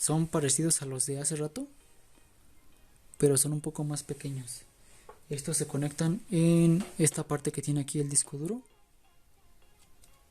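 A SATA cable is being handled at a hard drive's connector while someone talks, with brief pauses between phrases and two faint sudden sounds near 3.0 s and 10.0 s. Nothing has clicked or seated yet.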